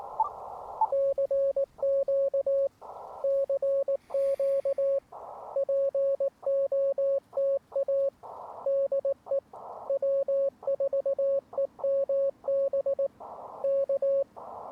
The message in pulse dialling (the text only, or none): none